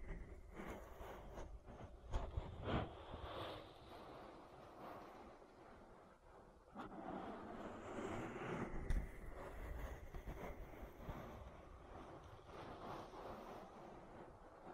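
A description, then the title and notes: Ear massage sounds: dense, continuous rubbing and rustling over a heavy low rumble, like hands brushing against the microphone. The texture swells and dips, quietest around five to six seconds, with sharper knocks near seven and nine seconds. ASMR Relaxing Ear Massage That'll Put You to Sleep (No Talking).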